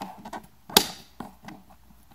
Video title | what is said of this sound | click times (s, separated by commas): Unboxing Latest 100W ECOXGEAR Waterproof Dustproof Floats Bluetooth Speaker Full HD 2016 | then push in until you hear click. | 0.8 s